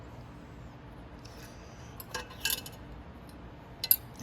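A metal bulb retaining clip is swung over the bulb in the headlight housing of a Venom Sportster 250cc chopper. Faint scraping and light clicks of handling come around 2.0 to 2.7 seconds, then a sharp metallic snap at 3.9 seconds as the clip seats into place.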